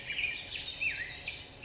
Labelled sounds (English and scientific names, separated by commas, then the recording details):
Black-headed Grosbeak (Pheucticus melanocephalus)
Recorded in Sonoma County, California